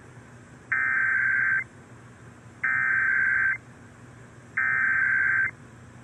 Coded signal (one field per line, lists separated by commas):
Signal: Emergency Alert System (SAME) tones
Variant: header bursts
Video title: EAS- First Monthly Beepers of 2024! (1/3/24)